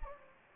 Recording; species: mosquito wingbeat signal from an infrared sensor; Anopheles gambiae